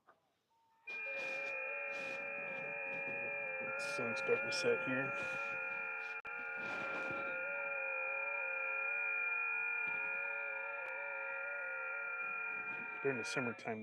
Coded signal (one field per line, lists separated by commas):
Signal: FT8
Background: speech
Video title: Trying out two new(used) hamfest find radios at a POTA.